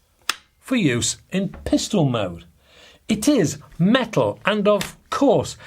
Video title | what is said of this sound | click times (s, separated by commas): Umarex IWI Mini Uzi Break Barrel | to swing the stock out and it'll lock into place and then push back | 0.3 s